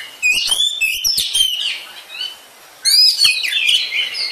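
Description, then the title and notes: Oriental magpie-robin song: two loud bursts of rich, varied whistles with slurred rising and falling notes, separated by a brief pause. "suara kacer. kumpulan suara burung kacer"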